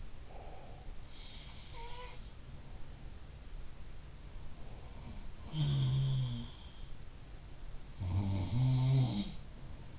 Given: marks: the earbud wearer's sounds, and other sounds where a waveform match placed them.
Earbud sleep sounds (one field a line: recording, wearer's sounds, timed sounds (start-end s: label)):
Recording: sounds in sleep by an in-ear microphone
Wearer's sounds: breath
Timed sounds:
0.00-1.02 s: breath
1.11-2.64 s: sound from someone else or the room
5.32-6.68 s: sound from someone else or the room
7.91-9.91 s: sound from someone else or the room